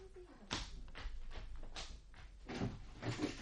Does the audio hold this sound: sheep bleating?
no